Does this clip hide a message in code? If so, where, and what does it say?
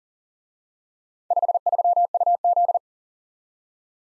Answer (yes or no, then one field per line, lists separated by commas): yes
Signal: Morse code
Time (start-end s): 1.3-2.8 s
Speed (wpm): 47 wpm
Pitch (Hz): 700 Hz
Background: none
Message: 53UZ